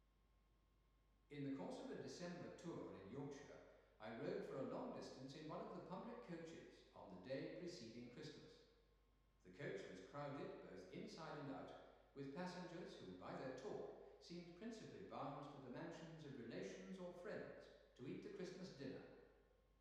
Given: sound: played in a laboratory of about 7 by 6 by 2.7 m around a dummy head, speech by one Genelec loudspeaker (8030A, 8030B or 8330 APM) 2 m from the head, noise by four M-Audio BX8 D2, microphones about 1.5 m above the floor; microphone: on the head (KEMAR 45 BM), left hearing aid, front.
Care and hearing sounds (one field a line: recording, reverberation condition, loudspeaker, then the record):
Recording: male speech in English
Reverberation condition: high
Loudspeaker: behind (180 degrees)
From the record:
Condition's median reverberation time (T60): about 1300 ms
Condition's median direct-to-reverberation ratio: about -4.0 dB